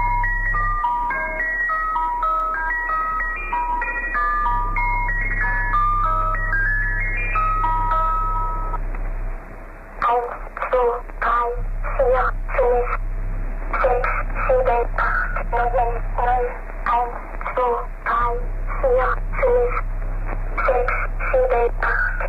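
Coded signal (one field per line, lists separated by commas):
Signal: numbers station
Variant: Swedish Rhapsody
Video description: The numbers station featured in this is called The Swedish Rhapsody.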